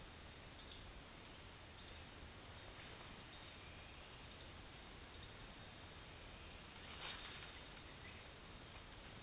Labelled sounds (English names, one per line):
none